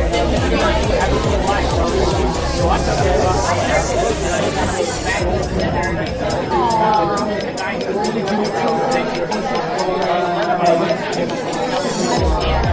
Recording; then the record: background sound without coughing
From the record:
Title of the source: Nightlife Party Simulating Party Club Noise 1 Hour